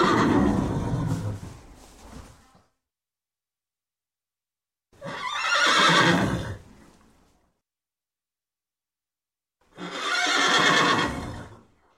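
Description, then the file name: Horse grunting and neighing in three separate bursts, a low rough grunt followed by two loud harsh whinnies with long silent gaps between them. "Sound Ideas 2000 Series. Horse Grunt and Horse Neigh"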